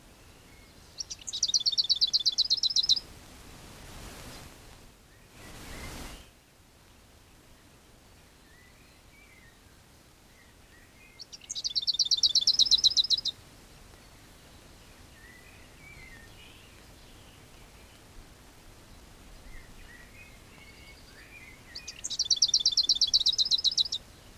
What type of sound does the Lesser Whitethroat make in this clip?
song